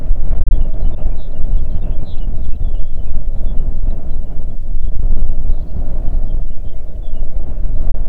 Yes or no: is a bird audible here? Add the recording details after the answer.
yes. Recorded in the Arctic National Wildlife Refuge, Alaska, on 3 June 2019 at 05:44. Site 37